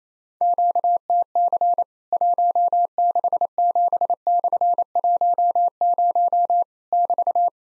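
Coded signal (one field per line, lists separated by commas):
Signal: Morse code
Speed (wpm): 28 wpm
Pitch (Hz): 700 Hz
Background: none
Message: QTC 167/10 <BT>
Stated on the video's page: Practice Morse at 28 wpm simulating Worked All Europe DX Contest QTC exchanges, with random misses and repeat requests.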